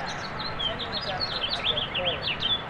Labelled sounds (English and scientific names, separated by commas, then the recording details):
House Finch (Haemorhous mexicanus) song
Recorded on Long Island, New York, on 18 April 2012
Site GC
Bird A